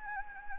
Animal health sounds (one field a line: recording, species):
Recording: mosquito wingbeat signal from an infrared sensor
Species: Anopheles gambiae